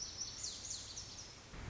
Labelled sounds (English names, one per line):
Lazuli Bunting